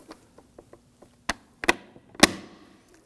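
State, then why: Seated. Side mirror glass for a 2015–2020 Ford F-150 is lined up on the power mirror motor base and pushed in with a flat palm. Faint light ticks give way to sharp plastic snaps at 1.3, 1.6, 1.7 and 2.2 seconds as the clips catch. The loudest snap is the last, and the glass is seated on the motor base.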